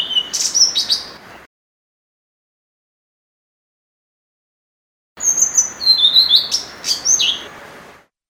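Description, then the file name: Blue-throated flycatcher song, two bursts of high whistled and twittering notes with sharp clicks, separated by a silent gap of several seconds. "kicau sikatan blue throated. omkicau"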